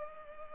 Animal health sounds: mosquito wingbeat signal from an infrared sensor; Culex pipiens

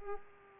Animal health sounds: mosquito wingbeat signal from an infrared sensor; Culex pipiens

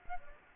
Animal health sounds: mosquito wingbeat signal from an infrared sensor; Anopheles gambiae

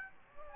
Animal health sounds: mosquito wingbeat signal from an infrared sensor; Aedes aegypti

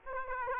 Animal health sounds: mosquito wingbeat signal from an infrared sensor; Aedes aegypti

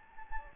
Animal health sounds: mosquito wingbeat signal from an infrared sensor; Anopheles gambiae

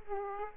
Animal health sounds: mosquito wingbeat signal from an infrared sensor; Aedes aegypti

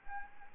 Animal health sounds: mosquito wingbeat signal from an infrared sensor; Anopheles arabiensis

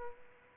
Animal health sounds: mosquito wingbeat signal from an infrared sensor; Aedes aegypti

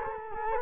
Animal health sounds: mosquito wingbeat signal from an infrared sensor; Culex quinquefasciatus

